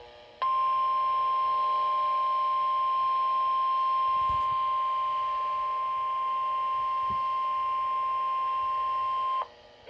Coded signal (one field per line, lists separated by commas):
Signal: Emergency Alert System (SAME) tones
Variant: 1050 Hz attention tone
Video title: Severe Thunderstorm Warning (EAS #56)